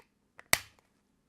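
A plastic receiver module is pushed into the module bay of a pair of FPV goggles and snaps into place with a sharp click at 0.5 s. Fainter taps are heard before and after it, and the module is seated.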